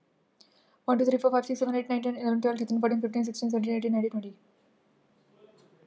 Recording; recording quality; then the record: counting at a fast pace; excellent, no background noise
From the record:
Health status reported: healthy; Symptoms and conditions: hypertension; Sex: female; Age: 26 years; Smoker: not ticked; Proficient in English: yes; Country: India